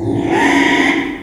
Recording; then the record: squeal of a Yucatan mini pig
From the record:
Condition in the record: after surgery on the right vocal fold (resection and tissue-engineered implant); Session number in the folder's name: 3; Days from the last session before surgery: 33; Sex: male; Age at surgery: 12 weeks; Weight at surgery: 13 kg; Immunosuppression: cyclosporine, prednisolone